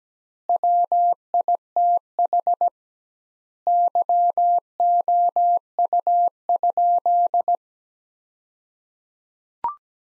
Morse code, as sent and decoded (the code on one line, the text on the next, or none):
.-- .. - .... / -.-- --- ..- ..--..
WITH YOU?